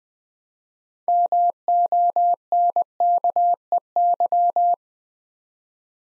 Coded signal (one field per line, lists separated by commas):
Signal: Morse code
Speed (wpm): 20 wpm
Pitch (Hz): 700 Hz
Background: none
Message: MONKEY